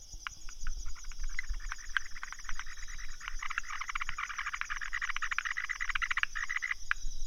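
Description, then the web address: Frogs calling in a chorus of rapid clicking pulses, sparse at first and then dense and overlapping, with a steady high hum behind. Recorded 15 March 2015. "frog rec 150315"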